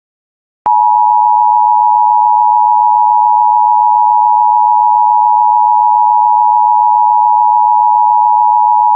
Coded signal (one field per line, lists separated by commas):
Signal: Emergency Alert System (SAME) tones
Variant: 853 and 960 Hz attention tone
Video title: THE MACON TORNADO- A TWC COVERAGE/EAS SCENARIO